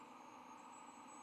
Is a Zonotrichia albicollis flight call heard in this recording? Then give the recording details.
no. No flight call is heard. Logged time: 22:14 on 16 November 2014